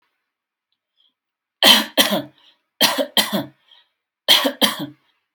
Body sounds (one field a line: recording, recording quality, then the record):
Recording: heavy voluntary cough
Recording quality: excellent, no background noise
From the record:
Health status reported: healthy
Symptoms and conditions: none ticked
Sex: male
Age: 35 years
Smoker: not ticked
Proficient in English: no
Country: India